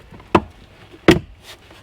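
A plastic glove box on a 2005-2009 Subaru Legacy is pushed up into the dashboard after a cabin filter replacement so its plastic ears lock into their slots. Two firm, sharp snaps are heard at 0.4 s and 1.1 s. The glove box is seated.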